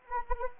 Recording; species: mosquito wingbeat signal from an infrared sensor; Anopheles arabiensis